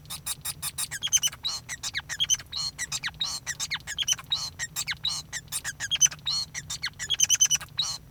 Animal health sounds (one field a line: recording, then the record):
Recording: song of a male Bengalese finch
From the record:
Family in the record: son of father 5